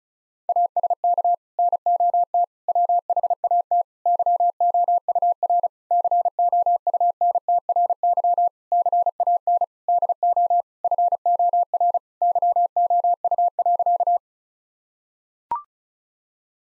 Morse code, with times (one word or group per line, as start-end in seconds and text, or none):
0.5-1.3 ASK
1.6-2.4 NOT
2.7-3.8 WHAT
4.1-5.7 YOUR
5.9-8.5 COUNTRY
8.7-9.6 CAN
9.9-10.6 DO
10.8-12.0 FOR
12.2-14.2 YOU.